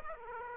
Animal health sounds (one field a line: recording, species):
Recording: mosquito wingbeat signal from an infrared sensor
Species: Aedes aegypti